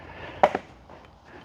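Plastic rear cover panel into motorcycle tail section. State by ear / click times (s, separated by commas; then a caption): seated / 0.4 s. After its two tabs are tucked underneath, the plastic rear cover panel of a Suzuki GSX-S1000GT / GT+ is pushed down side to side into the motorcycle's tail section. A sharp snap at 0.4 s is followed by a softer click at 0.6 s over a quiet background. The panel snaps into position and is seated.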